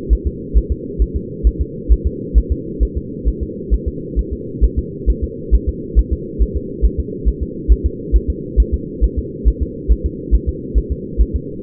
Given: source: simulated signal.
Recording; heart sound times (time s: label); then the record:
fetal heart sounds
0.13 s: S1
0.27 s: S2
0.57 s: S1
0.72 s: S2
1.02 s: S1
1.16 s: S2
1.47 s: S1
1.61 s: S2
1.92 s: S1
2.07 s: S2
2.38 s: S1
2.52 s: S2
2.83 s: S1
2.97 s: S2
3.28 s: S1
3.43 s: S2
3.74 s: S1
3.88 s: S2
4.19 s: S1
4.33 s: S2
4.64 s: S1
4.79 s: S2
5.10 s: S1
5.24 s: S2
5.55 s: S1
5.69 s: S2
5.99 s: S1
6.13 s: S2
6.42 s: S1
6.56 s: S2
6.85 s: S1
7.00 s: S2
7.28 s: S1
7.43 s: S2
7.72 s: S1
7.86 s: S2
8.16 s: S1
8.30 s: S2
8.60 s: S1
8.74 s: S2
9.04 s: S1
9.18 s: S2
9.48 s: S1
9.62 s: S2
9.92 s: S1
10.06 s: S2
10.35 s: S1
10.49 s: S2
10.78 s: S1
10.92 s: S2
11.21 s: S1
11.36 s: S2
From the record:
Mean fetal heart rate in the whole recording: 135 bpm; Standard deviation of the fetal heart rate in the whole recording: 3 bpm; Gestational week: 34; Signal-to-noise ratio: -4.1 dB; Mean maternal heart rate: no maternal heart sound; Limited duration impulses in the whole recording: absent